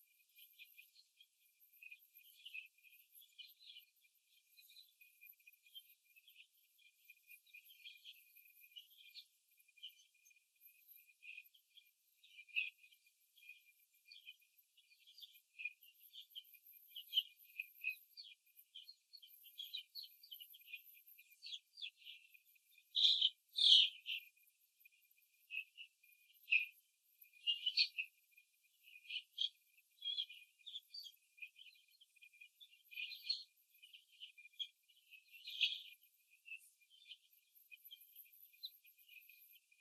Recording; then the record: young laying hens in a cage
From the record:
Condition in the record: before the stressor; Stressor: simulated dog barking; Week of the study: 2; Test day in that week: 3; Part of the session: 4